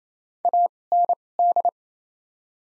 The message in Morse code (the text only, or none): AND